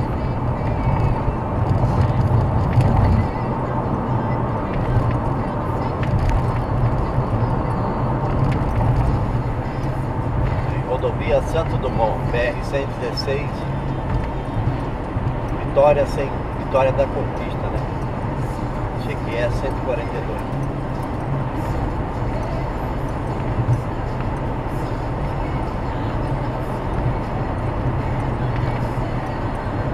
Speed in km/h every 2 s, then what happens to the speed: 88, 93, 96, 98, 99, 97, 99, 100, 99, 99, 101, 103, 105, 108, 111.
0-7 speeds up to 99. 7-18 steady at about 99. 18-30 speeds up to 111.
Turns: none.